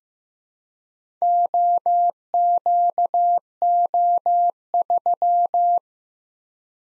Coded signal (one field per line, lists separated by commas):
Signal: Morse code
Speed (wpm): 15 wpm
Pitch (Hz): 700 Hz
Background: none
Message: OQO3